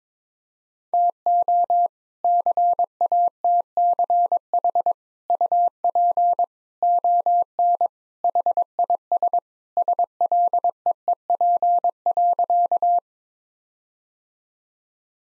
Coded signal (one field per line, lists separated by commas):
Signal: Morse code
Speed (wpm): 22 wpm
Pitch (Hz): 700 Hz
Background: none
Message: TO CATCH UP ON HIS SLEEP.